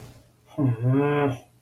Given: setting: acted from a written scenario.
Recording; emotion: vocal sound without words; shame